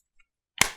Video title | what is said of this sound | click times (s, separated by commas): COLD STEEL Leatherneck Tanto "Edge Test" | locks into place. It's really secure, very comfortable in the hand. | 0.6 s